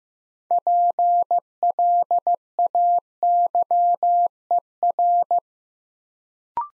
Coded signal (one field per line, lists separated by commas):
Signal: Morse code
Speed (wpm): 15 wpm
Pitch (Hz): 700 Hz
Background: none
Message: PLAYER